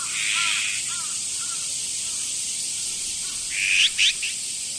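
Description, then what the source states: Azure-winged magpie: a few soft, low two-part notes, ending in a loud burst of harsh, rasping calls, with constant hiss behind. Yoyogi Park, Tokyo.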